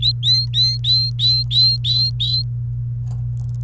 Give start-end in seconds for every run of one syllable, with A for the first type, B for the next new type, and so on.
0.02-2.42 A